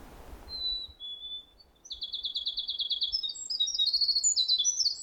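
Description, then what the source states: Winter Wren song, a long, rapid, high-pitched bubbling trill that runs on for several seconds and shifts pitch in tumbling sections. Singing close by as the recordist walked past, in Bruce Peninsula National Park.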